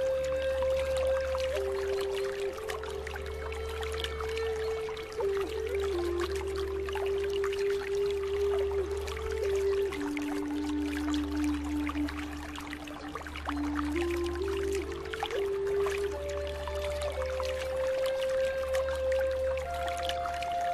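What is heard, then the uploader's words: A slow, deep melody of long sustained notes drifts down and back up over a steady low hum. A constant wash of flowing water runs underneath, even and dense, with faint droplet-like ticks scattered through it. The sound stays level throughout. Relaxing Water flow sound with deep Relaxing Music.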